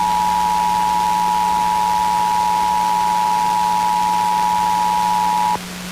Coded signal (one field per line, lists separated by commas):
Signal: Emergency Alert System (SAME) tones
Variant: 853 and 960 Hz attention tone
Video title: Pennsylvania Required Monthly Tests (8/18/22)(EAS 1219-1233)